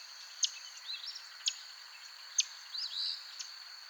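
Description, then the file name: Palm warbler making a few short, sharp high chips about a second apart over a continuous high insect drone. "Palm Warbler - Setophaga palmarum"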